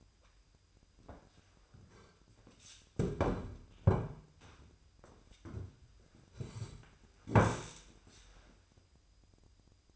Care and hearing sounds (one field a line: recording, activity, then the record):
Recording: daily activity, microphone in the room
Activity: sit down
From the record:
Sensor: 2